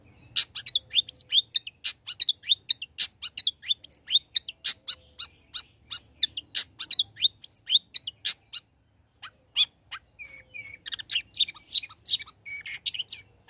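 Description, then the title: Long-tailed shrike song: a dense, fast stream of varied high chirps, trills and whistles, a brief gap, then a twittering, buzzy phrase. Bird singing vigorously (gacor), offered as a tutor recording (masteran) for training other songbirds. "Cendet Gacor Cocok Untuk Masteran"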